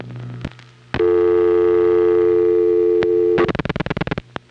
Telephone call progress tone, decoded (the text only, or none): dial tone